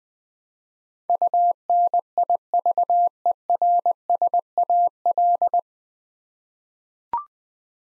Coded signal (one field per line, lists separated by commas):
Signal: Morse code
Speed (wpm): 21 wpm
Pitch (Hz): 700 Hz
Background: none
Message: UNIVERSAL